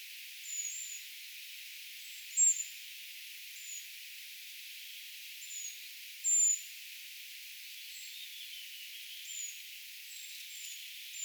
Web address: paivat 4 6 2025 tietaakseni puukiipijapesueen aantelya